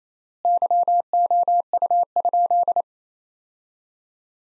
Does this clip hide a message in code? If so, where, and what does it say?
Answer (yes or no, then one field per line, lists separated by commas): yes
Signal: Morse code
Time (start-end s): 0.5-2.8 s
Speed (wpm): 28 wpm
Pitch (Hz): 700 Hz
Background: none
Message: YOU?